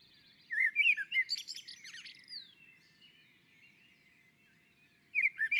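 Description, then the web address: Common blackbird song phrase of fluted notes sliding into a squeaky twittered ending and a long thin fading note, then a new phrase begins. On a roof. "Naturinspelningar Koltrast på taket"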